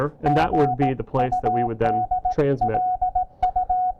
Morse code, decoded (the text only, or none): GUD LU